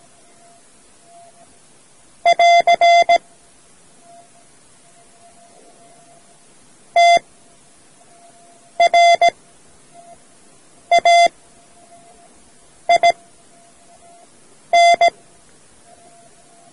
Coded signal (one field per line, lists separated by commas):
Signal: Morse code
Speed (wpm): 17 wpm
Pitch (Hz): 690 Hz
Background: none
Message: <AR> TRAIN